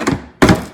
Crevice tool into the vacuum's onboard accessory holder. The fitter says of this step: then the little crevice tool pops right in there.